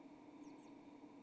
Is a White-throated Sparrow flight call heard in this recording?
no